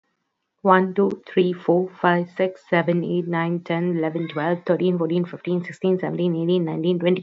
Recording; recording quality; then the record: counting at a fast pace; excellent, no background noise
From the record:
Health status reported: healthy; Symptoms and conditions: none ticked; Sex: female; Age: 19 years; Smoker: not ticked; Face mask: not worn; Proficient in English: yes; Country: India